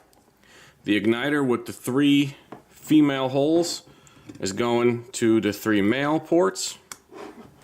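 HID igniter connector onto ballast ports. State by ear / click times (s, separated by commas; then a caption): seated / 6.9 s. An HID igniter's three-hole female plastic connector is pushed onto the three male ports of the ballast while someone talks. A sharp click at 6.9 seconds marks the connector snapping home and seating.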